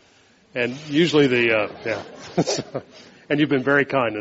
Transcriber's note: laughter